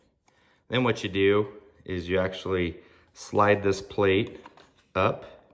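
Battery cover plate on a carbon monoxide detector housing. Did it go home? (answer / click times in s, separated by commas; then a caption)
no / none. Someone talks while getting ready to slide the plastic battery cover plate up on the back of a battery-operated Kidde carbon monoxide detector. A faint tick sounds at 0.3 s before the speech starts. The plate has not clicked shut yet, and nothing has seated by the end of the clip.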